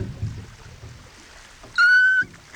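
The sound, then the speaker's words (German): A rowing boat is rowed away from reeds through water with low sloshing and swishing, then a sharp, steady squeal rings out for about half a second, like a creaking oarlock, before the water noise returns. “Oh, meine Herren, rudern Sie das Boot weg.”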